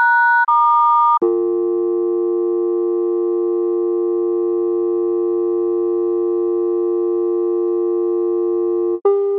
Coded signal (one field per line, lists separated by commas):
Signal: telephone call progress tone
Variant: UK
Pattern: dial tone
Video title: Telephone DTMF and Ringtones| Very many different phone ringtones